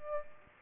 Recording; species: mosquito wingbeat signal from an infrared sensor; Aedes aegypti